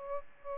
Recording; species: mosquito wingbeat signal from an infrared sensor; Aedes aegypti